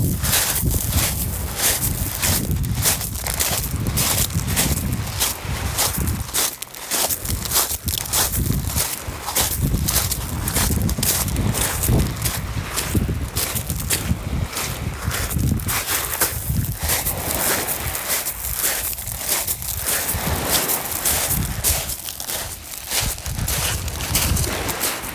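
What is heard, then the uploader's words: Steady footsteps crunch along at a regular walking pace, each step a short bright burst across the whole 25 seconds. Wind and the wash of waves fill the low end with a constant rumble, and the loudness stays fairly even throughout. Mám za sebou měsíc #vanlife a během toho měsíce jsem zaznamenávala zvuky z těch nejkouzelnějších míst. WAVES, WIND, STEPS.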